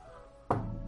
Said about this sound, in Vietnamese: Hứa Bạch Phiêu gõ mặt bàn hai lần, đưa tới hai người chú ý trầm ngâm.